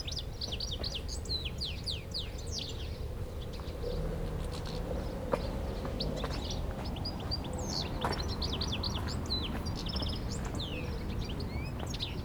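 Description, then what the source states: European goldfinch song, with bursts of tinkling, twittering phrases, a quieter middle stretch, then renewed chattering toward the end, all over continuous low road noise. Chattering in a shrub near Le Tillet, beside the road, Aix-les-Bains, France.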